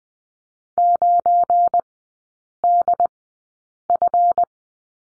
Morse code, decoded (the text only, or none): 9DF